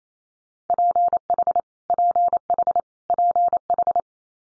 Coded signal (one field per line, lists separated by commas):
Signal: Morse code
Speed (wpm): 28 wpm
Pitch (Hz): 700 Hz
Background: none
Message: PH PH PH